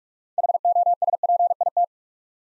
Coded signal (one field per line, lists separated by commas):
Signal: Morse code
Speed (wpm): 44 wpm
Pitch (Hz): 700 Hz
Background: none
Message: HOSPIT